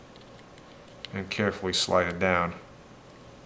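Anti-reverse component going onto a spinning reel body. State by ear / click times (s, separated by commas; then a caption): not seated / none. During a cleaning and lubricating service of a Shimano spinning reel, an anti-reverse component is being slid back down its shaft onto the reel body. Two faint ticks come at about 0.2 and 0.6 s, then someone talks from roughly 1.1 to 2.5 s over a quiet background. Nothing has seated or clicked yet.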